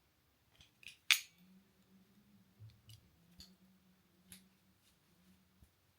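The clip clasp of a metal bracelet is being fastened around a wrist. Several small metallic clicks and taps sound, with the loudest, sharpest click at 1.1 s as the clasp clips shut, followed by a few lighter ticks and a low hum. Someone talks before the clasp is closed.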